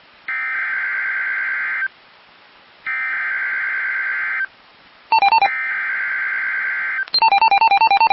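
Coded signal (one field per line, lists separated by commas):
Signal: Emergency Alert System (SAME) tones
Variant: header bursts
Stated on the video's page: Weather radio station KEC74 Indianapolis, two Severe Thunderstorm Warnings.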